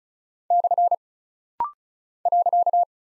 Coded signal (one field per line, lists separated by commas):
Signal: Morse code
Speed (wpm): 36 wpm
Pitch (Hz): 700 Hz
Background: none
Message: / .